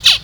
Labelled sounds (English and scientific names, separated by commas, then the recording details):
Zebra Finch (Taeniopygia guttata) distance call
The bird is a male
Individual mal9